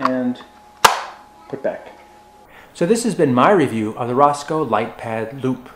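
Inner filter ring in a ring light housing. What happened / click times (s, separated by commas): The ring snapped into place / 0.9 s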